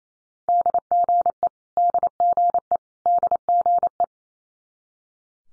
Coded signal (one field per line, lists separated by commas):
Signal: Morse code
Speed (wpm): 28 wpm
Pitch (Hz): 700 Hz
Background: none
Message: DGE DGE DGE